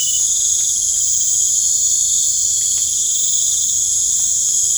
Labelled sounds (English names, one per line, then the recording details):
none
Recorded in pastures near Puerto Asís, Putumayo, Colombia, on 22 December 2024 at 19:00
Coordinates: 0.496, -76.326
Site G004